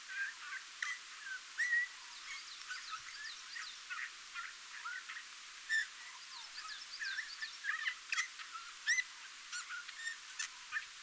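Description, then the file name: Eurasian bullfinch piping calls: low, soft whistles, a few sliding downward, scattered through quiet creaky twittering notes, with brief high ticks now and then. "Pyrrhula pyrrhula"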